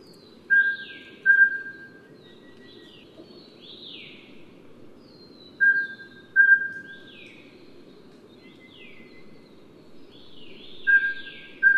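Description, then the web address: Mountain scops owl giving paired, clear whistled hoots, two notes close together, the pair repeated about every five seconds; other birds chirp higher above with a steady background hiss. Recorded at Yushan. "黃嘴角鴞 Yushan"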